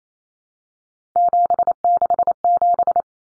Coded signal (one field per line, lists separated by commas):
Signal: Morse code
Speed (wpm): 28 wpm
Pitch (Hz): 700 Hz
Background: none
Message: 767